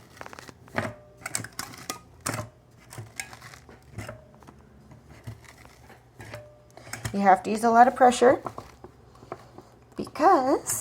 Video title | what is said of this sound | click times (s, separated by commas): Make Vitamins | do you hear them click | 0.8 s, 1.3 s, 1.6 s, 1.9 s, 2.3 s, 3.2 s